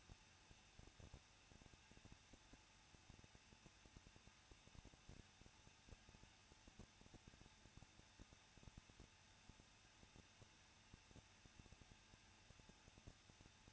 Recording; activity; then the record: daily activity, microphone in the room; no activity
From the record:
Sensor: 2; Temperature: 21.0 degrees Celsius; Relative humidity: 37.6%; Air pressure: 1006.3 hPa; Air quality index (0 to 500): 224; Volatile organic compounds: 25 ppm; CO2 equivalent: 2847 ppm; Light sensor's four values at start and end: 2/3/2/2 and 2/3/2/2